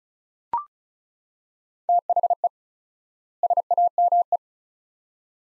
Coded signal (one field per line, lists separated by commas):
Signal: Morse code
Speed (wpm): 36 wpm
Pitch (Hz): 700 Hz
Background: none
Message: THE SAME